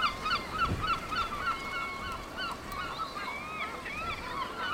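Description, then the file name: Seabirds in a lively chorus, quick overlapping harsh calls with a few longer rising notes, over a steady hissing background. Seabirds at Cap Fréhel. "oiseaux marins au cap frehel"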